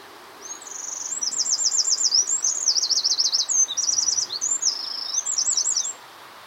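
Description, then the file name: Eurasian wren singing a high-pitched, hurried outburst of tinkling trills and buzzy rattles, changing pattern every second or so, lasting roughly five seconds. "Troglodytes troglodytes"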